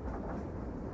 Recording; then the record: background sound without coughing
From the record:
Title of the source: Train Ride Ambience ambient white noise for sleeping, focus, studying, reading